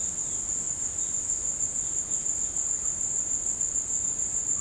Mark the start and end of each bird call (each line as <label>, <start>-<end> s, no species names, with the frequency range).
bird call (2.5-4.6 kHz), 0.00-2.62 s